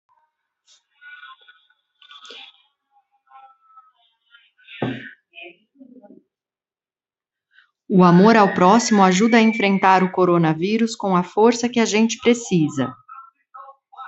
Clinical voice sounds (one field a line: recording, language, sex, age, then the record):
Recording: spoken sentence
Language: Brazilian Portuguese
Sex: female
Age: 30 to 39 years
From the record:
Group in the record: control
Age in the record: 39 years